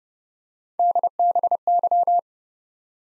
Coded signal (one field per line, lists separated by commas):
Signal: Morse code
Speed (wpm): 30 wpm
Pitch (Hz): 700 Hz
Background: none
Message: DBY